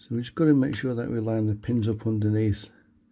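Someone talks while lining up the pins underneath a USB connection module with curly clip ends, getting it ready to push onto a circuit board. Nothing has clicked or seated yet; the clip ends before the module goes home.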